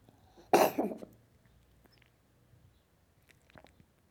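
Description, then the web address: Cat giving a single rough, wheezy cough that splits into two short bursts, followed by quiet with faint small ticks. "The BBC Sound Effects Library (Cats) Cat Coughing"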